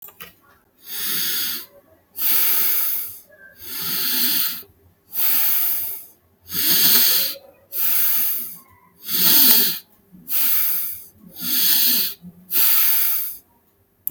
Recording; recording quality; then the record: deep breathing; excellent, no background noise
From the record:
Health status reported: healthy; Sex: male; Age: 34 years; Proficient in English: yes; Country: India